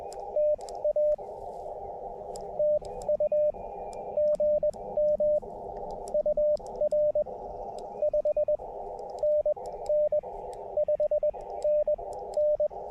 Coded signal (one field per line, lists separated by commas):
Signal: Morse code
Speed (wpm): 21 wpm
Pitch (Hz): 600 Hz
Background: radio noise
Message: TA TU GM UR 5NN 5NN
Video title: QRP CW POTA Activation with KX2 and Gabil GRA-7350T Telescopic Whip Antenna (Coon Creek - K-3684)